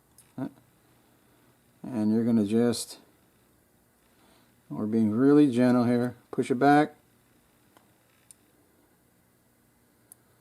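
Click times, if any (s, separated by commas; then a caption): 10.1 s. While cleaning a High Standard pistol, someone talks and then gently pushes the small metal ejector back into its seat in the frame. After a few faint ticks, a short sharp snap at 10.1 s marks the ejector seating into place.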